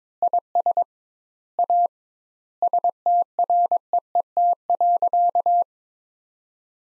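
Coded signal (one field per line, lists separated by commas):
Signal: Morse code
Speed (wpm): 22 wpm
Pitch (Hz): 700 Hz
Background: none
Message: IS A STREET.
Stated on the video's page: Morse practice sentences from the top 500 words at 22 wpm with 2x standard word spacing, a word-based method analogous to Farnsworth.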